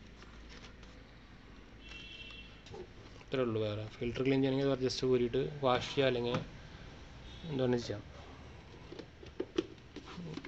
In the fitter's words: ജസ്റ്റ് ഒന്ന് പ്രസ് ചെയ്താൽ ലോക്ക് ആവും.